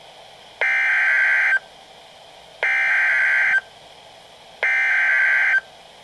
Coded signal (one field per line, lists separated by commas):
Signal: Emergency Alert System (SAME) tones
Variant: header bursts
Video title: Severe Thunderstorm Warnings [EAS 559-561 || 2x Header] | NOAA Weather Radio (9/8/2012)